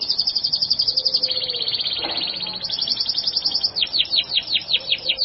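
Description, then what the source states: Bird song: high bright phrases mixing rapid buzzy trills with a run of clear down-slurred whistles repeated several times per second near the end. Labelled as a masteran recording.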